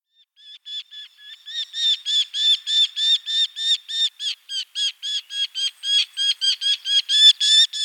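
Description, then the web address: Eurasian hobby calls: a rapid chattering series of shrill, harmonic notes that builds in strength and keeps a quick rhythm throughout. "Baumfalke. faucon hobereau"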